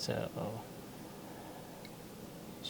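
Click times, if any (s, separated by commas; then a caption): 1.8 s. Someone talks while a part with a large head and three pins is pushed into its slot and holes on a die-cast/plastic scale model of an Aston Martin DB5. A short, soft snap is heard at about 1.9 s as the part seats in place.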